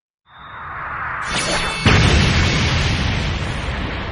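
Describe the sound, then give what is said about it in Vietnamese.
A loud, sustained explosion boom rises quickly and then builds to a sharp second burst, followed by a long, rumbling roar full of crackling debris that slowly fades. The blast knocks a white-robed sea-corpse clan cultivator back 100 zhang. “Trong tiếng nổ vang thì thân thể của gã lập tức bị đánh lui ra phía sau 100 trượng, phun ra một ngụm máu tươi”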